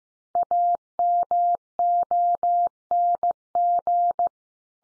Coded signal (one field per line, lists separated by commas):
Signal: Morse code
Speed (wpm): 15 wpm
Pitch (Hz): 700 Hz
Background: none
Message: AMONG